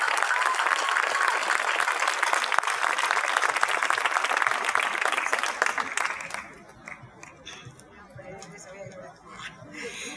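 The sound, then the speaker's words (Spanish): An audience at an International Workers' Day event applauds women comrades being introduced, with dense, steady clapping for about six seconds, then it dies away abruptly, leaving quieter murmuring and faint voices. “Así que bueno, nada más que presentarlas a estas compañeras y un aplauso para todas ellas que representan el avance de nuestra organización.”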